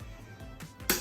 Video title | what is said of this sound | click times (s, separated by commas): We Install the New ReefMAT 1200 onto our Red Sea Reefer 900 3XL | and again snaps into place put | 0.9 s